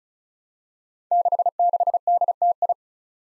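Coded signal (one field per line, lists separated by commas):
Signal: Morse code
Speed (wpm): 36 wpm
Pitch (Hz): 700 Hz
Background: none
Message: 66DTI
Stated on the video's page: Code drill at 35 wpm of five-character groups of easily confused letters and numbers, each sent, spoken, then sent again.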